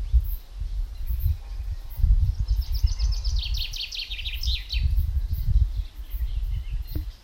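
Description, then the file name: Common chaffinch song phrase, a fast descending sequence of crisp notes finishing with a twirl, heard once against a persistent low-frequency rumble. "Fringilla coelebs"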